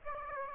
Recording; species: mosquito wingbeat signal from an infrared sensor; Aedes aegypti